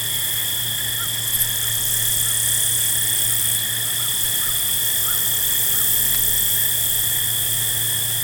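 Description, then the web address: Field crickets in a dense chorus, steady high trilling bands layered at several pitches, with a few soft low chirps and a faint low hum underneath. Several field crickets at night. "Dr Sound Effects. Field Crickets At Night"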